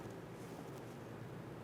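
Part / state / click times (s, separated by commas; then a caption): wiring harness connector onto power steering pressure sensor / not seated / none. On a 2002-2008 Dodge Ram 1500 during a power steering pump replacement, the wiring harness connector for the power steering pressure sensor is picked up and brought toward the sensor, before it is lined up and pushed home. Only steady, low, broadband noise is heard, with no sharp sounds. The connector is just being handled, and nothing has seated or clicked yet.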